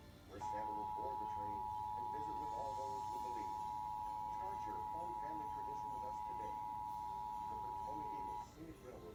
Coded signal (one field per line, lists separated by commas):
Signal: Emergency Alert System (SAME) tones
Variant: 853 and 960 Hz attention tone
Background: speech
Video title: Pennsylvania RMT December 2021(EAS 2,330)